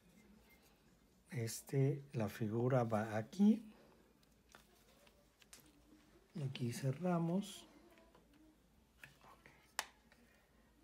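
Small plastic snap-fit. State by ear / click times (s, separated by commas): seated / 9.8 s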